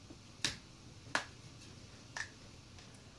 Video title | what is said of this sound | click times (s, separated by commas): HTC One M9 Disassembly - Screen Chasis Replacement - SD/SIM/Speakers/Charge port Replacement | now as you slide your pick down you'll fill them unclip hear them snap and you'll see the seam start to separate | 0.4 s, 1.1 s